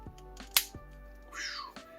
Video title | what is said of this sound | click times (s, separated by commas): #5below Illustration Dual Ended Markers - Is it Worth it? - 5 Below #markers Artist PRODUCT REVIEW | that's a serious snap for you know | 0.6 s